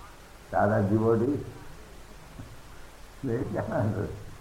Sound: laughs

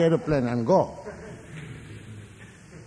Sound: laughter

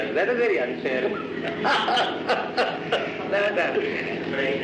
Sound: laughs

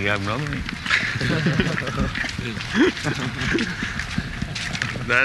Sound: laughter

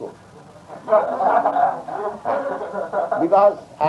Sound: laughter

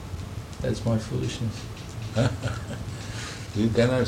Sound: laughing lightly

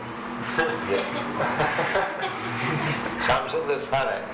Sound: laughter

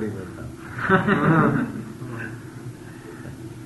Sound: laughter

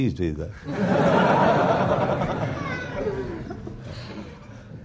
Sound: laughter

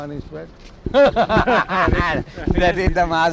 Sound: laughter

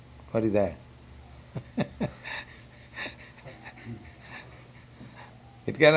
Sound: laughs

